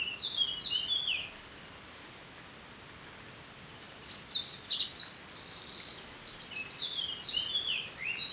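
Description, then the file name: Eurasian wren giving high, sharp notes, a pause, then a loud, fast, shrill trilling phrase of several seconds over faint hiss. "Troglodytes troglodytes"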